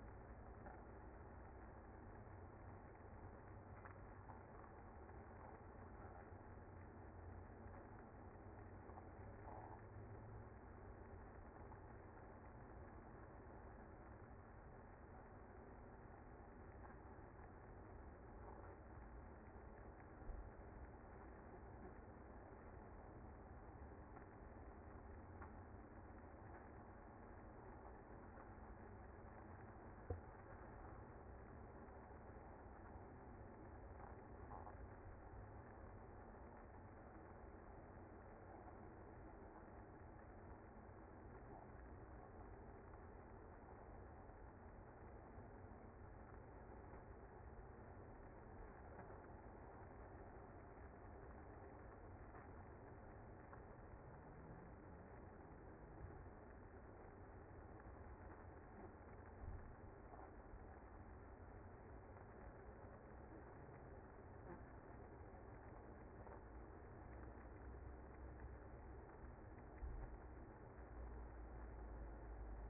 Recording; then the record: honeybee colony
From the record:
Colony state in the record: active